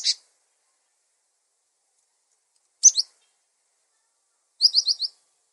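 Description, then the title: Songbird: bird calls: a single sharp chirp, a brief double note, then a quick series of even chirps after a pause. Masteran recording for training songbirds. "Master Burung Jos"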